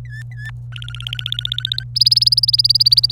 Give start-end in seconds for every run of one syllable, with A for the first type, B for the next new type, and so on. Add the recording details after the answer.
0.05-0.51 A, 0.72-1.84 B, 1.95-3.12 C. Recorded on 27 April 2018 at 15:05. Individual llb3